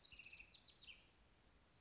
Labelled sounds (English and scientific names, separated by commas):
House Wren (Troglodytes aedon)